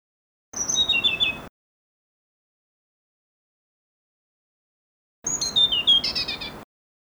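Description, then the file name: Blue-throated blue flycatcher giving two song phrases several seconds apart, high sweet whistles cascading downward, the second phrase longer and more ornamented. "kicau sikatan blue throated. omkicau"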